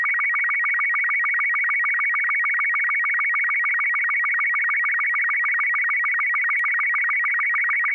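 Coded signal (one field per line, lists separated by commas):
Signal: SSTV (slow-scan television)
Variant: Robot 36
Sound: rapid warbling tones near 2 kHz with steady ticking low blips, repeating throughout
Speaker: this is important to remember because sstv runs full duty cycle and running too much power for too long can overheat your radio you should never exceed 50 watts or keep a close eye on your equipment so [Music] so sstv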